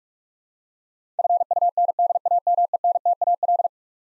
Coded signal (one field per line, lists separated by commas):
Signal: Morse code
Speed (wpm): 42 wpm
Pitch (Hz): 700 Hz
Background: none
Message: FUNDAMENTAL